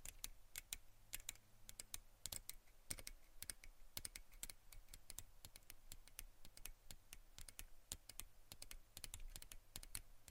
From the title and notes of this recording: ASMR Tapping and Scratching for Sleep (No Talking).